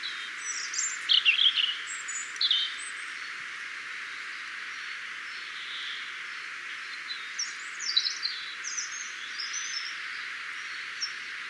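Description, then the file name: European robin giving thin, high twittering notes, a bright burst near the start and scattered high warbled phrases later, over a steady hiss. "Erithacus rubecula"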